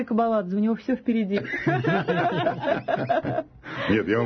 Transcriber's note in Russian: Смеются